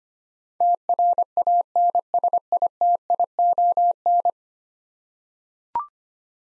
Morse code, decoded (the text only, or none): TRANSITION